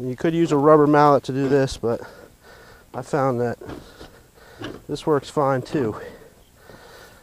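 Someone talks while working a metal standing seam roofing panel, getting ready to tap it down with the rubber side of a hammer so its seam snaps onto the neighbouring panel's seam. A brief, sharp sound comes at about 4.6 s amid the talking. The clip ends before the part goes home: nothing has seated or clicked yet.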